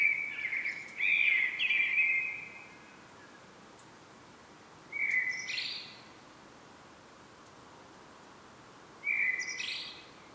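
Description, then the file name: Common blackbird: a longer warbled phrase, then two shorter fluty notes, each ending in a sharp high squeak, spaced about four seconds apart. "Turdus merula"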